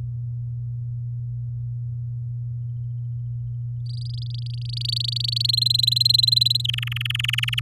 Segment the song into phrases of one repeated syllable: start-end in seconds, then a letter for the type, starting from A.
3.86-5.46 A, 5.48-6.62 B, 6.64-7.60 C